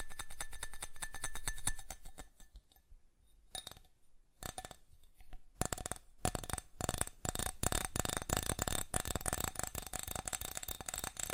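Fast tapping on a hard surface, with sharp, bright, clinking hits. It starts as a quieter, scattered run, thins out with a few pauses around the third to fifth seconds, then becomes dense and loud, with rapid strikes continuing to the end.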